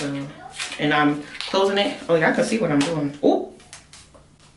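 A hard plastic shell case is being pressed half onto a laptop lid while someone talks. Faint handling taps follow, but nothing has seated or clicked yet.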